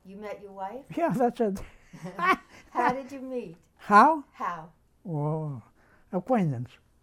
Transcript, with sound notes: You met your wife?
Yeah, that's it. (laughs)
How did you meet?
How?
How.
Oh, acquaintance.